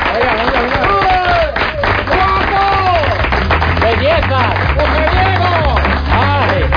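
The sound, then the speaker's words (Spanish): A small studio audience of about three people clapping steadily and loudly throughout a live program, the dense patter of hands resonating in the studio and continuing without a break, with voices calling out over it and a low, sustained tone beneath. “No, no hay tanta gente, ¿eh? En verdad son tres. Pero como macho, tiene mucho... dan palmas hasta con las orejas.”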